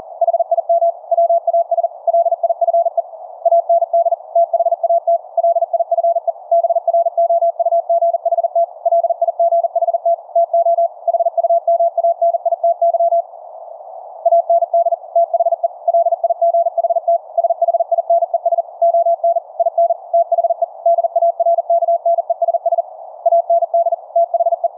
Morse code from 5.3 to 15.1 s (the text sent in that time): LIFE BROUGHT LIGHT TO HUMANITY AND